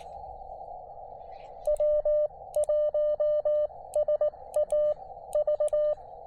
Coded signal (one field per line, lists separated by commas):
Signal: Morse code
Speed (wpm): 18 wpm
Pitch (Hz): 590 Hz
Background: radio noise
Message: W1SAV